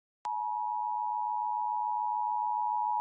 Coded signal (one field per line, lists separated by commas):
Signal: Emergency Alert System (SAME) tones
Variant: 853 and 960 Hz attention tone